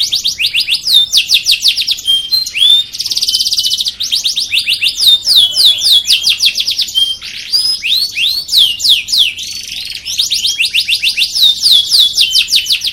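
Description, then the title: Domestic canary in full song, fast repeated trills and swooping whistles, with a brief harsh buzzy phrase, delivered almost without pause. "Kicauan Kenari BULLDOZER"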